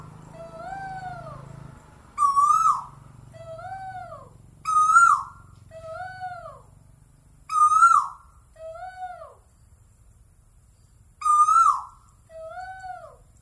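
Bird song: rasping notes alternating with arched double whistles, repeated several times, with a low hum early on.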